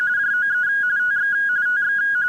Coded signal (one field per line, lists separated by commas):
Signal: RTTY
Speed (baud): 45.45 baud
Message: JOE TX TX